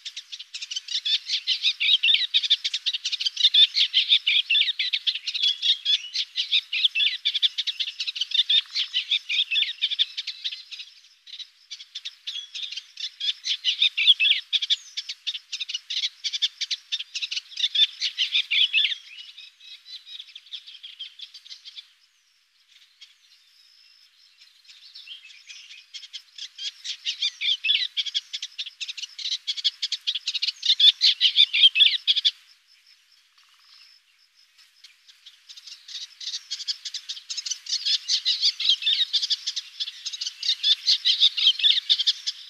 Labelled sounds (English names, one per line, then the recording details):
Eastern Olivaceous Warbler song
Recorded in the wild
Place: Karakumwüste/Repetek, TM
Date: 2001-05-17
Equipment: MiniDisc Sharp MT 20 H
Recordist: Schwarz, Dieter
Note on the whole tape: Song